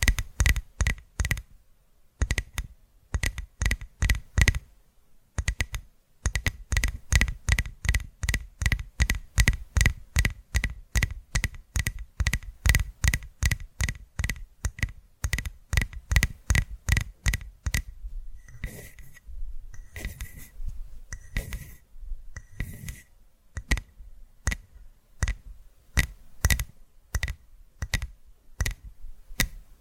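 Fast, crisp tapping runs almost without a break, several sharp taps each second with a dull thump under each one. Brief pauses come near two and six seconds, and after about eighteen seconds the taps loosen and grow slightly softer and more spaced.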